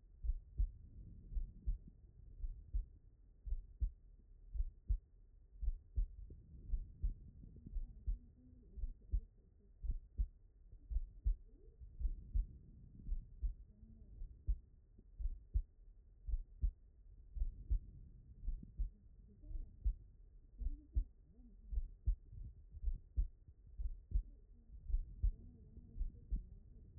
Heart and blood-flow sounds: heart sounds by stethoscope; pulmonary valve (PV)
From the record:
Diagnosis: non-HFrEF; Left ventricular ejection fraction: 68%

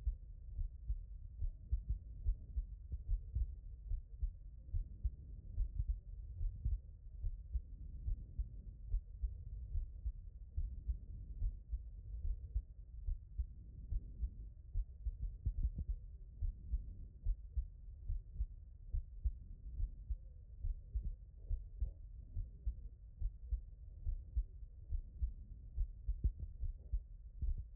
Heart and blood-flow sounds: heart sounds by stethoscope; tricuspid valve (TV)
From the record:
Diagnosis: HFrEF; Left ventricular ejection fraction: 39%

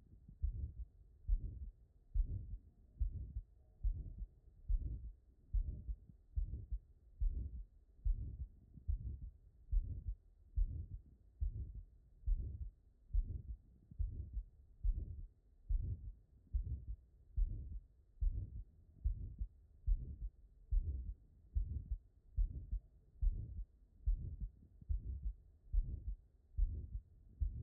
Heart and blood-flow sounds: heart sounds by stethoscope; pulmonary valve (PV)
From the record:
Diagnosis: non-HFrEF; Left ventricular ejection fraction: 61%

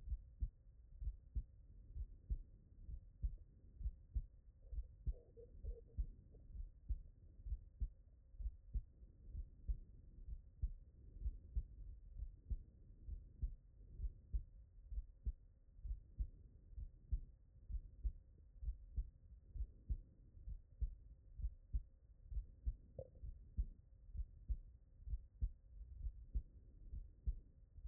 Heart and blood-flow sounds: heart sounds by stethoscope; tricuspid valve (TV)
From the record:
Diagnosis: non-HFrEF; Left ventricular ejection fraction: 61%

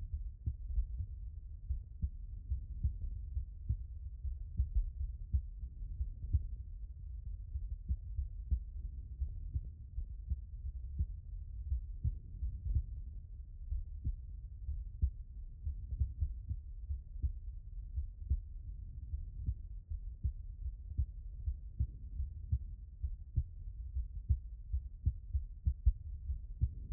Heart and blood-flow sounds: heart sounds by stethoscope; aortic valve (AV)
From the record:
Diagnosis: non-HFrEF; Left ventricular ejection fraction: 62%

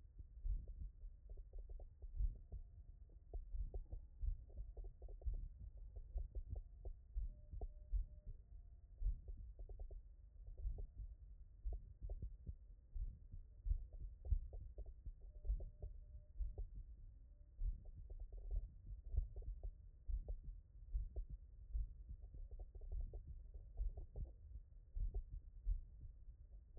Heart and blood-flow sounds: heart sounds by stethoscope; mitral valve (MV)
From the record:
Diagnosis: non-HFrEF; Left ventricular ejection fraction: 44%

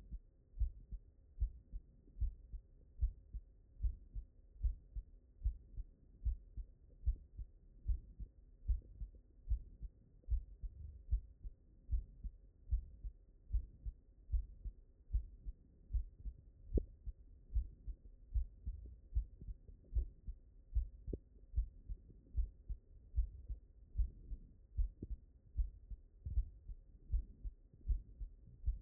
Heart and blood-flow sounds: heart sounds by stethoscope; mitral valve (MV)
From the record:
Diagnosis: non-HFrEF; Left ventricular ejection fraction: 60%

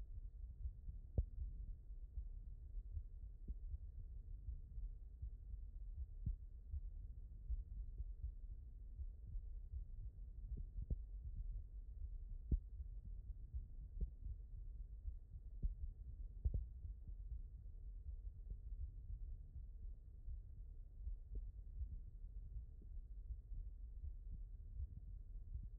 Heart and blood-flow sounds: heart sounds by stethoscope; aortic valve (AV)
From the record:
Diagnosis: non-HFrEF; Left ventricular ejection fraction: 59%

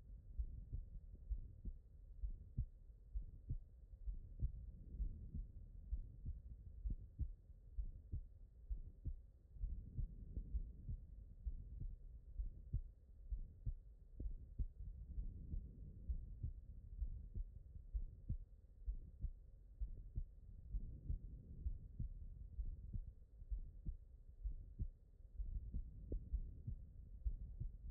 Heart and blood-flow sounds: heart sounds by stethoscope; pulmonary valve (PV)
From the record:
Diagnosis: non-HFrEF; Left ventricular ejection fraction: 57%

